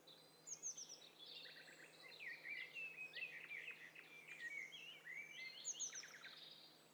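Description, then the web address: Several birds calling at once, a dense overlapping jumble of high chirps, trills and short whistled notes, some buzzy, with a faint steady hum underneath. Many birds calling at once, in stereo. "Hi Fi STEREO BIRD COCKTAIL PARTY Challenge"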